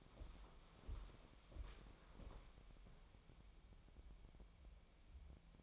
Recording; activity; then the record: daily activity, microphone in the room; walk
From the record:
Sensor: 1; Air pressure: 1015.4 hPa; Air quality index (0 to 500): 124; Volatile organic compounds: 4 ppm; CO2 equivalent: 1695 ppm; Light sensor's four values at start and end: 12/29/12/13 and 11/27/11/12